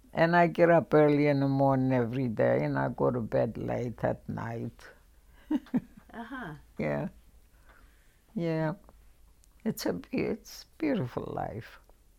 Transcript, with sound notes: And I get up early in the morning every day and I go to bed late at night. [chuckles]
Uh-huh.
Yeah. Yeah, it's — it's beautiful life.